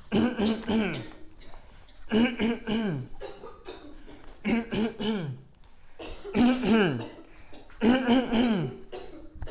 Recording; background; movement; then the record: throat clearing; a bystander coughing; walking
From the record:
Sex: male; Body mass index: 20.6 kg/m2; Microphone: on the chest, facing outward